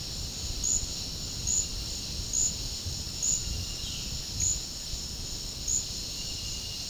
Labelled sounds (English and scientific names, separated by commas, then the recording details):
none
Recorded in dense forest near Puerto Asís, Putumayo, Colombia, on 18 February 2024 at 11:00
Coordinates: 0.485, -76.325
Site G6429